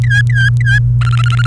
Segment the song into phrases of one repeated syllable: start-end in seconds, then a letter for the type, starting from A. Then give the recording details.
0.03-0.78 A, 1.01-1.47 B. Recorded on 28 April 2018 at 09:29. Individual llb3